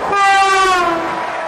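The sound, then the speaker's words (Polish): A train sounds one long, loud horn blast, a rich steady chord whose pitch sags slightly as it passes, with a faint rumble of rail noise underneath and no voices. “Tak, a jak jedzie pociąg, to są wtedy zamknięte są wtedy rogatki.”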